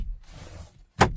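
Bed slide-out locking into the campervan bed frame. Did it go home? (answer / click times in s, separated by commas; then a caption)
yes / 1.0 s. A bed slide-out on 500-lb commercial heavy-duty drawer slides in a 2018 Ram Promaster City campervan conversion is pushed in, and a soft sliding rumble fades to near silence. At 1.0 seconds the slide's lock engages with a sharp, loud click, holding the slide-out in place so it doesn't come out while driving.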